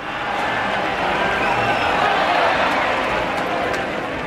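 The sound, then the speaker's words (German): A sold-out bullring crowd of nearly 17,000 roars as the bull charges into the arena, in a steady, dense wash of voices, with scattered shouts and whistles rising over the continuous murmur for several seconds. “Das Tor zu den Ställen wird geöffnet und der Stier rast auf die Kampffläche.”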